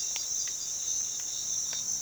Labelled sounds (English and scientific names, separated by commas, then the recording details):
none
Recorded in pastures near Puerto Asís, Putumayo, Colombia, on 8 March 2025 at 06:00
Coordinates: 0.487, -76.322
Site G077